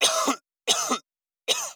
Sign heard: Owl Coughing.